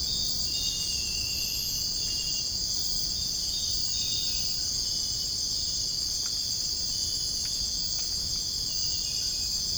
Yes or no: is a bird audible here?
no